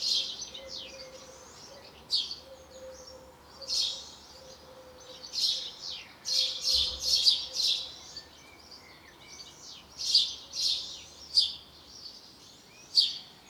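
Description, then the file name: House sparrow chirping, bright buzzy chirps in irregular bursts, sometimes clustered in quick runs, over a faint steady low hum. "Passer domesticus"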